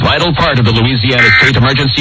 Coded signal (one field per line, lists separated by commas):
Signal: Emergency Alert System (SAME) tones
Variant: end-of-message bursts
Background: speech